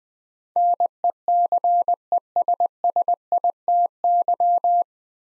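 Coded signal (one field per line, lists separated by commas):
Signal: Morse code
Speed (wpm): 20 wpm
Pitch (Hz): 700 Hz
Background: none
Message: NECESSITY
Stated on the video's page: Morse code practice building nine-letter words three letters at a time at 20 wpm, for beginners working on instant character recognition.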